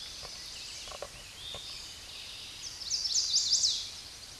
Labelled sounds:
Chestnut-sided Warbler song
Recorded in a Pennsylvania forest on 16 May 2024 at 08:38
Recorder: AudioMoth, point MSD-2007
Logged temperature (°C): 16.1 °C
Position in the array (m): 21 m, 25 m

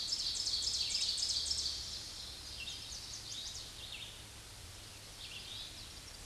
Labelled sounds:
Red-eyed Vireo song
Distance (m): 70 m
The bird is about 15 m above the microphone
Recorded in a Pennsylvania forest on 16 May 2024 at 07:35
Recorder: AudioMoth, point MSD-1539
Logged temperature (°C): 16.0 °C
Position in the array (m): 183 m, 78 m

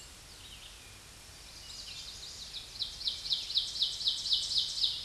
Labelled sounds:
Ovenbird song
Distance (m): 15 m
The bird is about 10 m above the microphone
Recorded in a Pennsylvania forest on 16 May 2024 at 07:34
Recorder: AudioMoth, point MSD-1035
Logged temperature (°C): 16.3 °C
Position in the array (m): 211 m, 129 m

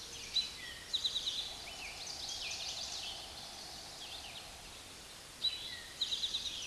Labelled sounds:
Eastern Towhee song
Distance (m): 35 m
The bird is about level with the microphone
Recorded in a Pennsylvania forest on 16 May 2024 at 06:12
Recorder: AudioMoth, point MSD-2287
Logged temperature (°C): 11.2 °C
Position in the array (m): 110 m, 6 m

